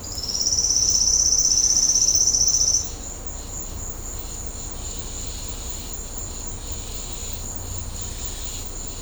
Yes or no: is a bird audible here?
no